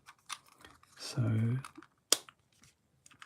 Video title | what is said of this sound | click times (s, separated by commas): The Start of the Kharadon Overlords #ageofsigmar #warhammer | oh, that was a satisfying little click there, wasn't it? | 2.1 s